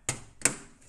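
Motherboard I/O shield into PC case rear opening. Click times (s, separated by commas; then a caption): 0.1 s. The rear I/O shield for an ASUS Maximus VII Hero motherboard is lined up and pushed into the opening at the back of a red-and-black NZXT H440 PC case. A sharp click lands at 0.1 s, a second, louder click follows at 0.45 s, and a faint softer sound trails at about 0.8 s. The metal shield snaps in and is seated.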